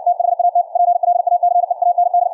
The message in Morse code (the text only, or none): THAT PLACE AND